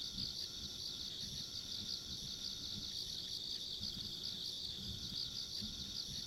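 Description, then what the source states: Insects in a steady shrill trilling chorus, with low rumbling noise beneath. Ambient insect sounds along a rural country road.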